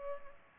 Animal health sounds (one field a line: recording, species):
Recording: mosquito wingbeat signal from an infrared sensor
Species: Culex pipiens